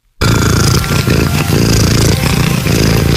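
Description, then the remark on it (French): A person imitates the purr of a cat named Bella with a loud, continuous, low rattling drone, steady throughout with slight pulsing, sounding almost like an idling engine. “qui va nous faire le ronronnement”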